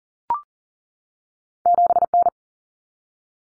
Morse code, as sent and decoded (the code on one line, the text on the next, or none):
--... -.
7N